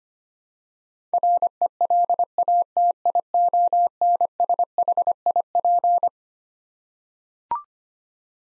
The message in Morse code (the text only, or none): RELATIONSHIP